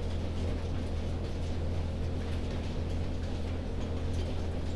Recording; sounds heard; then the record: poultry house recording; no chicken sound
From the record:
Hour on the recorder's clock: 1